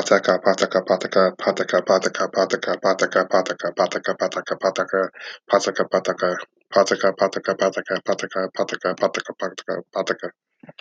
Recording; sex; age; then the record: repeated syllables /pa ta ka/; male; 30 to 39 years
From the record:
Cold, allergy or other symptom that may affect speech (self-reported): no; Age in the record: 34 years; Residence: Pennsylvania, United States